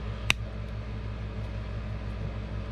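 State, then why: Seated. The two plastic shell halves of a 2018 Honda Civic 4-button remote head key are squeezed together around a new coin battery after the small plastic pegs are lined up with their holes. A single sharp pop-snap sounds at 0.3 s over a steady low hum. The halves snap together and the shell is seated.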